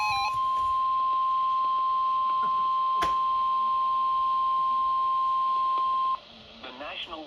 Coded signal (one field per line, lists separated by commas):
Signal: Emergency Alert System (SAME) tones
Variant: 1050 Hz attention tone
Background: speech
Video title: PURE CHAOS 1 | An EAS Event | EAS 35-52 | MonkeyFilmRadios